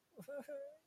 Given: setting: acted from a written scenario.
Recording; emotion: vocal sound without words; distress